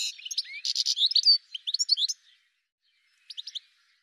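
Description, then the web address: Bird calls, rapid high chirps and short rising notes in a busy run, a pause, then a brief cluster of quick chirps near the end. "cianscape birddata"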